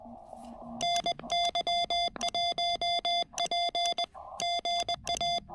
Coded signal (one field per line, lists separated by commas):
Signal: Morse code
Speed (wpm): 20 wpm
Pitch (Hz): 690 Hz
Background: none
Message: NY1P GA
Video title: POTA with the Ten-Tec R4020: At $125, one of the best deals I've ever snagged!